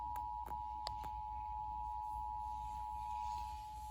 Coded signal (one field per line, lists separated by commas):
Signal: Emergency Alert System (SAME) tones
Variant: 853 and 960 Hz attention tone